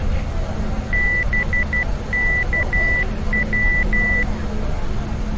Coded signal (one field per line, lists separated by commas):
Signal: Morse code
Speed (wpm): 12 wpm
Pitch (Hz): 2000 Hz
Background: none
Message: BKW